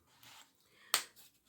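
A small plastic piece is pressed into the base of a DIY Christmas music box decoration to clip it in place, with a soft rustle from 0.2 to 0.4 s and a sharp tap at 0.9 s that quickly fades. The piece has not clipped in and does not hold.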